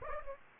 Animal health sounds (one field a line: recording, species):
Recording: mosquito wingbeat signal from an infrared sensor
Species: Aedes aegypti